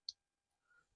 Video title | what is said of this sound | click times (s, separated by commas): DIY RETROFIT: 2014 - 2021 Toyota 4Runner bi-led projector retrofit conversion kit | there's a click | 0.1 s